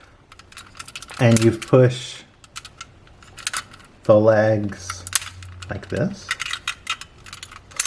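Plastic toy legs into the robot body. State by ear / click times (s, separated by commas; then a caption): seated / 6.7 s, 7.8 s. Someone talks while pushing the plastic legs of a Deluxe Jungle Pride Megazord (GekiTohja) transforming toy robot from Power Rangers Jungle Fury into position, with light plastic clicks and taps throughout. The legs snap into place on the robot body with sharp clicks at 6.7 s and 7.8 s, and they are seated.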